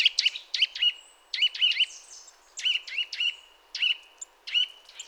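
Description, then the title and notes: Eurasian nuthatch calls, clear piping notes in small clusters every second or so, over faint background hiss. Sedentary bird heard during mild winter weather, giving contact calls followed by song in this sequence; common in forests, parks and small woods; recorded with various equipment. "Sonothèque naturophonia. La Sittelle torche-pot (Sitta europaea)"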